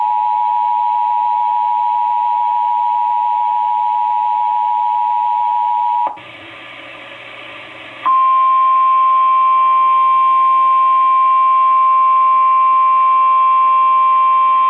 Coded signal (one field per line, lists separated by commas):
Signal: Emergency Alert System (SAME) tones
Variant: 853 and 960 Hz attention tone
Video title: Required Monthly Test #2 - 03/06/19 (EAS #1,808)